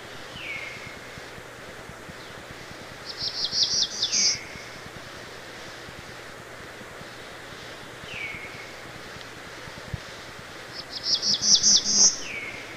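Black-throated blue warbler singing a high buzzy phrase of quick notes climbing upward, given twice about eight seconds apart; short descending slurred whistles recur several times between the phrases.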